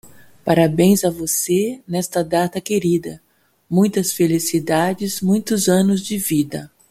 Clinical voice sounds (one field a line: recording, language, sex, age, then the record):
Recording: short text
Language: Brazilian Portuguese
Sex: female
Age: 60 to 69 years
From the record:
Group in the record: control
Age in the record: 61 years